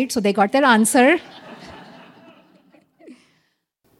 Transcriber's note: laughter